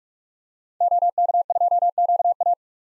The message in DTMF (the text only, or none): none